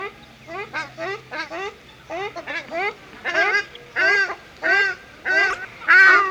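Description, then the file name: Ruddy shelduck calling with nasal honks, starting in quick doubled notes then settling into louder evenly spaced calls, with a low hum early on. Recorded at a zoo. "Artis, casarca - Sound Cloud - Beeld en Geluid"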